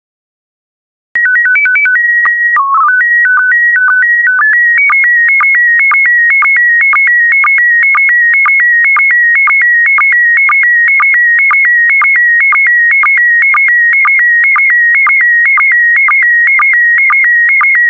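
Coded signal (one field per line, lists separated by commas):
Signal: SSTV (slow-scan television)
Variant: PD120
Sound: short calibration tones, then a steady warbling tone stepping between pitches with regular low blips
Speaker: complete. You can now check your decoded image against the picture that is shown on the video.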